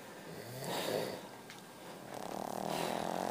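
Two adults asleep, snoring in the front room at about 2:30 in the morning.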